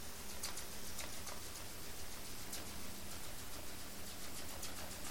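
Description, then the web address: Sperm whale clicking, a run of brief sharp ticks every fraction of a second, partly buried under a droning low mechanical hum and broad background hiss. Strait of Georgia, recorded by an Ocean Networks Canada hydrophone on 27 March 2018, around 19:17 UTC. "sperm Whale Clicks sog-onc 20180327-ONC-LTSA-hits"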